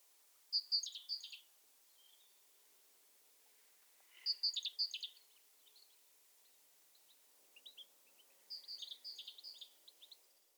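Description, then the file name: Great tit calls: sharp, high, chattering bursts, the last one softer and more broken, separated by a few seconds of near silence. "Parus major"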